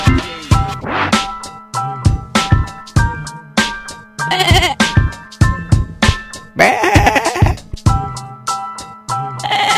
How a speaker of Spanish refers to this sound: Oveja que bala. Bocado que pierde. ¡Bé! ¡Bé!